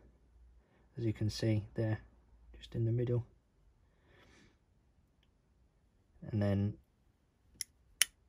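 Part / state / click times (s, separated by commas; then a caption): knife blade into frame lock / seated / 8.0 s. Someone talks while the stiff detent ball of a Böker Magnum Blue Dot folding knife is popped out and the blade is swung open. A faint click sounds at 7.6 s, then the blade locks open in the frame lock with a sharp snap at 8.0 s.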